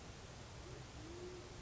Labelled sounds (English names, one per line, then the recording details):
Band-tailed Pigeon
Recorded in Sonoma County, California